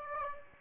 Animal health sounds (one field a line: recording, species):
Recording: mosquito wingbeat signal from an infrared sensor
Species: Aedes aegypti